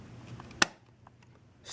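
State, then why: Seated. After the front of a metal Altoids pocket tin is pressed in at its two click tabs, the hinged lid is closed onto the tin body. One sharp, loud snap lands at 0.6 s, with a few faint ticks around it. The lid snaps shut and seats with a more solid closure.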